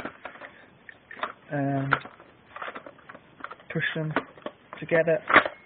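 Someone talks while handling the two plastic body sections of a Tokyo Marui P90TR airsoft gun, lining a body section up with the receiver to push them together, with short, light clicks and rattles of handling. The clip ends before the parts go home: nothing has seated or clicked into place yet.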